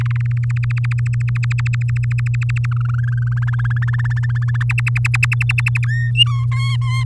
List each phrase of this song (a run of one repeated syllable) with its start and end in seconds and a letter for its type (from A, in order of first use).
0.01-0.58 A, 0.63-2.66 B, 2.71-4.01 C, 4.04-4.63 D, 4.69-5.85 E, 5.86-6.11 F, 6.15-6.46 G, 6.51-7.04 H